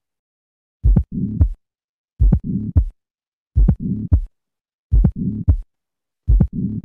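Simulated heart sounds at about 44 beats a minute. Each first sound is followed by a diamond-shaped crescendo-decrescendo murmur filling mid-systole before the second sound. A mid-systolic ejection murmur: crescendo-decrescendo at the aortic area, and at the pulmonary area it points to pulmonary stenosis.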